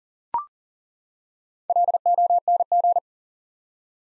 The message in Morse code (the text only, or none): LONG